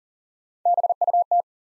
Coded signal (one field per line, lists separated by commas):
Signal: Morse code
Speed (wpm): 40 wpm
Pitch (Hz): 700 Hz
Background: none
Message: BUT